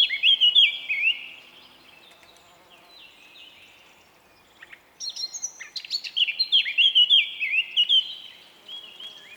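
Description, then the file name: Eurasian blackcap singing two phrases of rapid warbling with loud, clear whistled flourishes, separated by a few seconds of near silence. "Sylvia atricapilla"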